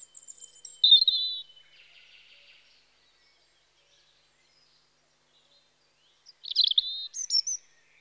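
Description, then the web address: European robin song: a high thin note and warbled phrase, a few seconds of silence, then another bright phrase of trills and thin whistles. Spring. "BBC Sound Effects Library (Birds) Robin (Erithacus Rubecula) Spring"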